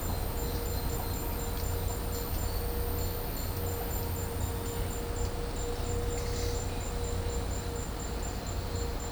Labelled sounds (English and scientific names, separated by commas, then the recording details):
none
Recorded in dense forest near Puerto Asís, Putumayo, Colombia, on 26 December 2024 at 12:30
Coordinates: 0.503, -76.323
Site G043